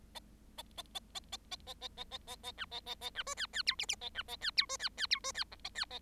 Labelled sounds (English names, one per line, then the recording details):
Bengalese Finch song
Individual Bird7